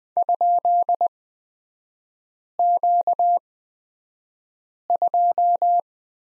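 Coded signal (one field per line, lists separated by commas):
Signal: Morse code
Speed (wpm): 20 wpm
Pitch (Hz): 700 Hz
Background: none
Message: ?Q2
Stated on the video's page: Morse lesson on the letter Q in three-character groups, Farnsworth speed 20/10 wpm.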